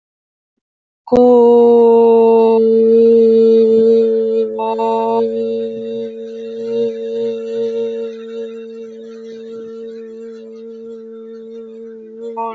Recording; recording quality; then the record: sustained vowel as in boot; excellent, no background noise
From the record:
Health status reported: healthy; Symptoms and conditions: none ticked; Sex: female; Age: 31 years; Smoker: not ticked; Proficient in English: yes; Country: India